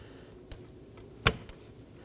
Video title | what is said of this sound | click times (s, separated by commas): How to Replace High Pressure Fuel Pump 2018-2024 Chevrolet Equinox 1.5L L4 | Make sure it clicks. | 1.3 s